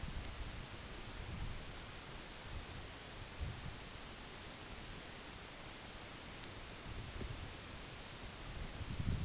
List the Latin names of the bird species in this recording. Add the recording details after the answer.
none. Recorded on Arctic tundra, site UTQI-8, on 14 June 2019. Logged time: 10:00